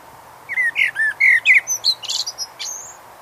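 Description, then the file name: Common blackbird song: a short run of mellow fluted notes followed by a thin, high, scratchy twittering flourish. "Turdus merula"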